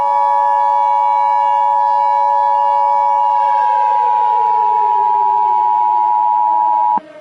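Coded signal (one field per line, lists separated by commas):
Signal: Emergency Alert System (SAME) tones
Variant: 853 and 960 Hz attention tone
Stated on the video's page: Simulated EAS scenario for a lake volcanic eruption, remastered.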